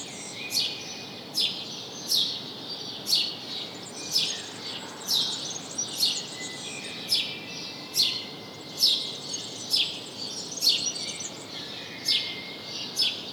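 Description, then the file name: House sparrow calling with a repeated series of sharp chirps, just over one per second, against faint background noise. "Passer domesticus"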